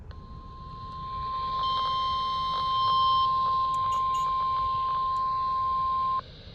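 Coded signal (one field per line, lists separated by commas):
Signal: Emergency Alert System (SAME) tones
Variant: 1050 Hz attention tone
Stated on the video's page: Severe weather EAS alerts including tornado warnings received in Massachusetts.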